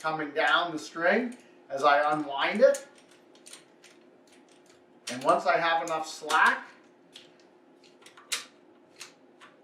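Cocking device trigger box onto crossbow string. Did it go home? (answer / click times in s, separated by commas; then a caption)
yes / 9.0 s. On a 2021 TenPoint Havoc RS440 XERO crossbow, the crank-cocking trigger box (sled) is unwound down the string until there is enough slack, then clipped onto the crossbow string. Someone talks, with faint clicks and ticks between phrases. The trigger box latches onto the string with an audible click at 9.0 s.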